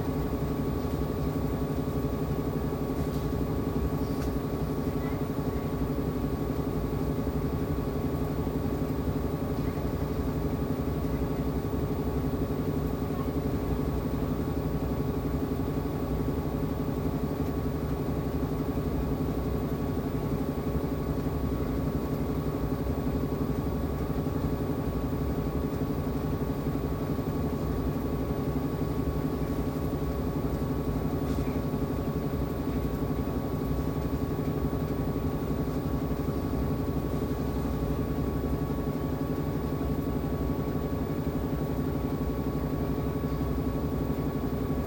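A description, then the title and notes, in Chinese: A washing machine runs steadily, its motor giving a dense, even low rumble with a thin, constant whine riding above it. The sound barely changes across the whole stretch, with only a couple of faint clicks near the start and around the thirty-second mark. 洗衣機。轉一轉洗一洗。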